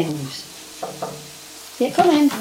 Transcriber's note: knock on door